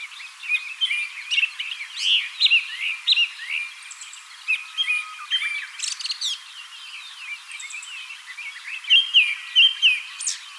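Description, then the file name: Japanese thrush giving a run of clear whistles and twittering trills in irregular phrases, a few sharp notes between. "kurotugumi"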